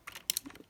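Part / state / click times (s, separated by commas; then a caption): keycap on a mechanical keyboard switch / released / 0.3 s. A wire keycap puller hooked under a plastic keycap on a mechanical keyboard pulls it up. After a few light ticks, a sharp, bright snap at 0.3 s marks the keycap popping off the switch stem, followed by a second click and softer rattles. The keycap comes free of the switch.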